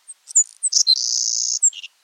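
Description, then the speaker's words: Savannah Sparrow song: a few thin high chips and ticks leading into a long, insect-like buzz, ending with short high notes. Persistent, buzzy summer song that may be mistaken for an insect. "persistent, buzzy song is the Savannah Sparrow."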